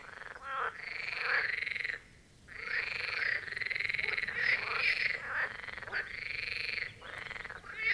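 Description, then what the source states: Loud marsh frog chorus, continuous overlapping rattling croaks with one short pause, many frogs calling together. Chorus of marsh frogs at the Birkensee, Schönbuch, Germany; recorded on one of the first hot summer days of 2023.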